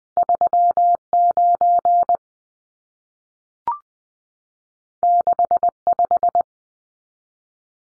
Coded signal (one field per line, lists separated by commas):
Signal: Morse code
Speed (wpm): 19 wpm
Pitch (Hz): 700 Hz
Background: none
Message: 39 65